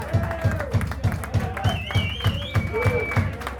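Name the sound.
audience applause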